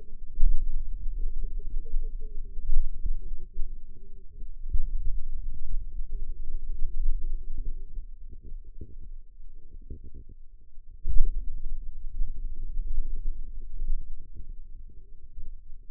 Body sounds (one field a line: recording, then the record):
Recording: forearm muscle sounds (acoustic myography)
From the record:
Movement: finger pinch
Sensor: system 2, bracelet of six BSWA MPA416 microphones around the upper forearm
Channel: 6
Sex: female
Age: 21 years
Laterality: right